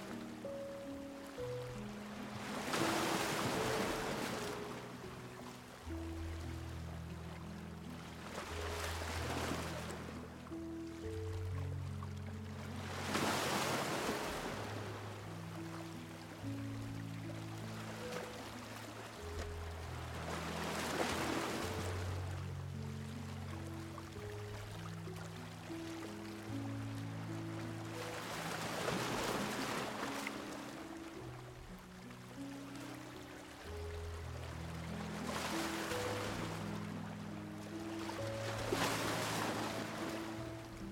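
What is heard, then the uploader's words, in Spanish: Soft, slow music with low sustained bass notes and gentle chords plays beneath the sound of ocean waves. Waves wash in and recede in a regular rhythm, roughly every seven to eight seconds, each swelling into a bright hiss before fading back. MUSICA Suave y Sonido de las OLAS. Mezclando sutilmente melodías suaves con el sonido relajante de las olas.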